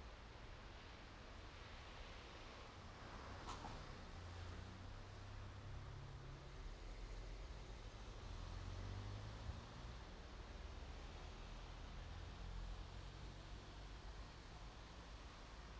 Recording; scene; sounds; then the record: everyday scene through a hearing-aid microphone; in traffic; traffic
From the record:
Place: main road on the outskirts, rush hour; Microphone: in the ear canal, right